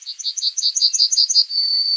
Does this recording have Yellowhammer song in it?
yes